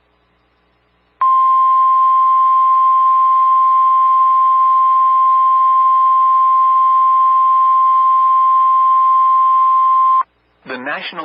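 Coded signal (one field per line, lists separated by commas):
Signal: Emergency Alert System (SAME) tones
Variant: 1050 Hz attention tone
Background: speech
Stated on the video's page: Emergency Alert System tones from real alerts relayed by NOAA Weather Radio station WXJ71.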